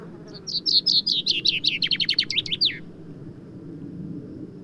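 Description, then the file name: Common chaffinch song: a single rapid descending trill of clear notes ending with an emphatic flourish, then only low steady background noise. "Fringilla coelebs"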